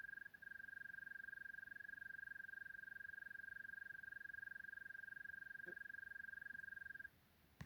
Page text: Zemesvēzis, Gryllotalpa gryllotalpa Observation time 19-Apr-2025 plkst. 22:43 Līvānu novads